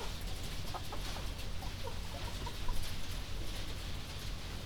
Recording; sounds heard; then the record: poultry house recording; healthy chickens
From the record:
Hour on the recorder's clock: 21